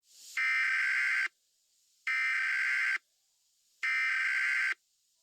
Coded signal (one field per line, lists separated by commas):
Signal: Emergency Alert System (SAME) tones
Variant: header bursts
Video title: EAS Scenario - Fluorine Accident